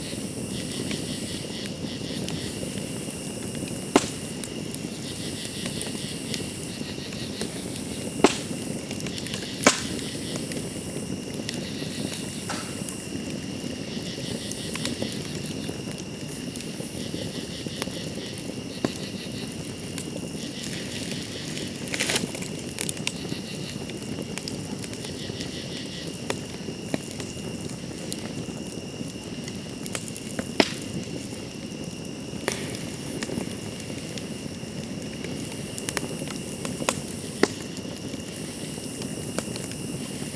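Crickets hold a steady, high, layered chirring through the whole night scene over a soft low rumble from the campfire. Sharp crackles and pops from the fire break through now and then, more noticeably around the middle and later stretches.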